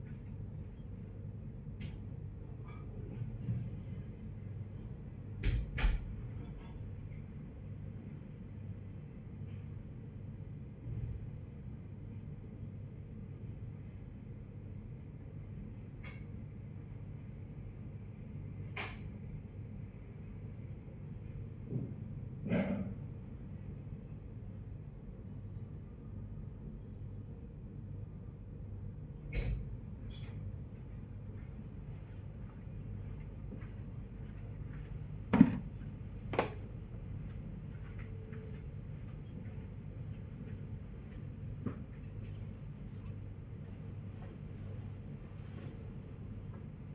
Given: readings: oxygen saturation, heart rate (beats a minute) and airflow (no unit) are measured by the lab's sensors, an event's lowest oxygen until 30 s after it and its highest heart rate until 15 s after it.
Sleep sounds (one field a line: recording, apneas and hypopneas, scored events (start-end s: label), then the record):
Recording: a person awake in a sleep study, by a smartphone at the bedside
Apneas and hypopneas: none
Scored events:
0.00-46.94 s: awake
0.00-46.94 s: awake
From the record:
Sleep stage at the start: awake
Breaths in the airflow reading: 15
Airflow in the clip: -0.8 to 0.7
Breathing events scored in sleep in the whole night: 496 in 5.4 hours asleep